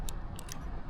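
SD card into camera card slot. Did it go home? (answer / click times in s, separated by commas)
yes / 0.1 s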